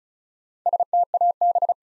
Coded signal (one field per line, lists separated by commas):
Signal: Morse code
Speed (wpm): 36 wpm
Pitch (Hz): 700 Hz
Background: none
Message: STAB